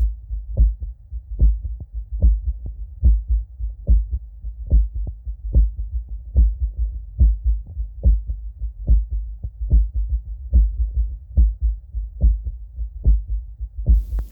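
Heart by stethoscope of a man about 50 years old with a prior anterior Q-wave myocardial infarction, heart failure and atrial flutter. It sounds like two hearts at once, one near and one far away; the faint distant sounds are audible atrial flutter sounds.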